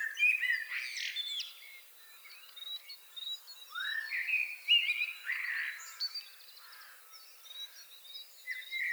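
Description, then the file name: Common blackbird song, a run of fluty, slurred phrases mixed with high scratchy twitters, coming in quick succession across the whole stretch. "Turdus merula"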